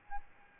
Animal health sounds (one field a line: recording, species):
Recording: mosquito wingbeat signal from an infrared sensor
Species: Aedes albopictus